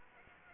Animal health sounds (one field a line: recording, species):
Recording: mosquito wingbeat signal from an infrared sensor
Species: Anopheles arabiensis